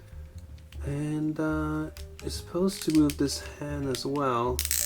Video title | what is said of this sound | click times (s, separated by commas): Kamen Rider DX Kuuga Try Gouram Try Chaser 2000 Toy Review 4K | Okay, it should snap into place. | 0.7 s